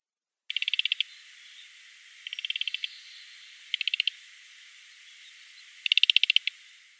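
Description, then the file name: Taiga flycatcher: four short, dry, rapidly pulsed trills, each under a second long, separated by short pauses over a faint steady hiss. "Muholovka taezhnaja"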